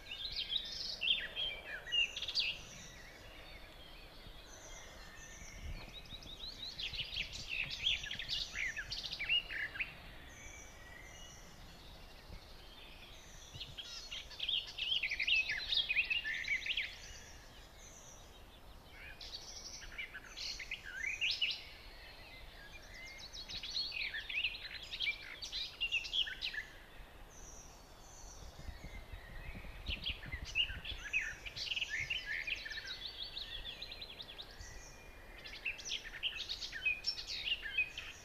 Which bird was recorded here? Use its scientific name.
Sylvia nisoria